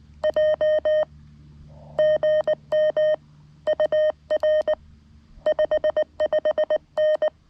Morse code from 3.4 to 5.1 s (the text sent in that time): UR